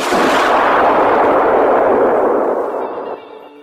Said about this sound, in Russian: Барни выстрелил в него из РПГ, а Микки из подствольного гранатомета. Раздалось два мощных оглушительных взрыва, а за ним еще один, еще более мощный и оглушительный.